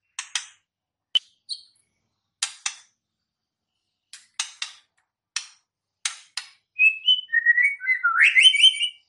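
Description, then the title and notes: White-rumped shama song: scattered sharp clicks at irregular intervals, then a rapid, varied burst of whistled and buzzy notes at the end. Murai batu song used as a lure for trapping birds (pikat); voice described as strong (mantap). "MB Pikat. murai batu"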